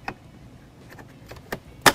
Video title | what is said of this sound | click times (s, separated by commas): 2021-2023 Ford F-150 - 12″ Full Digital Speedometer Cluster Upgrade Install Guide - Infotainment.com | the rest of it of a snap into place | 0.1 s, 1.5 s